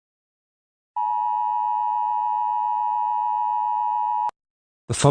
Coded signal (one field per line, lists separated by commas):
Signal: Emergency Alert System (SAME) tones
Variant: 853 and 960 Hz attention tone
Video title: EAS Scenario #36: The Scream Massacre.